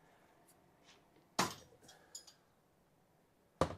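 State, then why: Seated. The swivelling magnetic foot of a 3,000-lumen LED work light is rotated by hand in its plastic or metal hinge. Sharp clicks at 1.4 s and 3.6 s, with a few fainter ticks between them, mark the foot locking into its detent positions. The foot seats into its detents.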